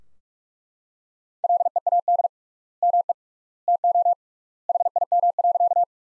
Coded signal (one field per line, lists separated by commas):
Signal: Morse code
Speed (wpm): 41 wpm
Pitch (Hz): 700 Hz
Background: none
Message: LEAD ME TO HIM.